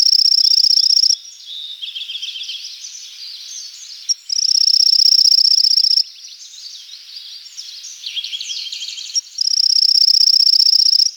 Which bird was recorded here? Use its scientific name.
Phylloscopus tenellipes